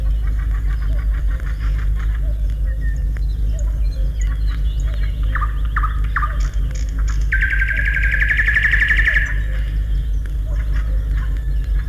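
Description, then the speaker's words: Nightingale song: short varied whistled notes, a few repeated pulses, then a long buzzy rattling phrase, over a low rumble. Sings from nearby bushes in a forest after sunrise, once the dawn chorus quietens. "Начинает петь соловей."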